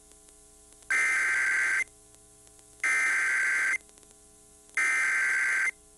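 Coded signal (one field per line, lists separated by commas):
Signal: Emergency Alert System (SAME) tones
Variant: header bursts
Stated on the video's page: Alerts caught from two different stations during a severe weather outbreak.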